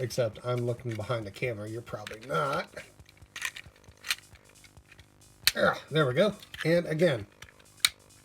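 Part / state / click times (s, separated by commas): plastic upgrade knee piece onto an action figure's leg / seated / 7.9 s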